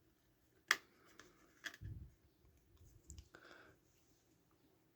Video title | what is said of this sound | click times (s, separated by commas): 46. Faucon Millenium N° 70 | se clipse en plus hop petitte | 0.7 s